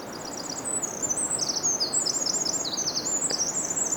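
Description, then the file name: Eurasian wren delivering a loud, fast stream of very high chattering notes and trills that runs without a break throughout, with steady background hiss. "Troglodytes troglodytes"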